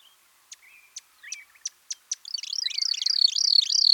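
White-winged fairywren song: several sharp, high ticks, then a fast, thin, high reeling trill that grows louder toward the end.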